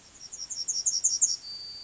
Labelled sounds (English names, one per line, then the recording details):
Yellowhammer song
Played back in grassland
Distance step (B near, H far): C
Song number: 028